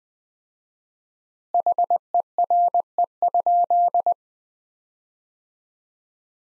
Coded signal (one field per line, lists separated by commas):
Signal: Morse code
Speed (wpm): 20 wpm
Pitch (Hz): 700 Hz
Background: none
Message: HERE?